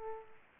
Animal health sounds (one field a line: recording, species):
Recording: mosquito wingbeat signal from an infrared sensor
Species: Aedes aegypti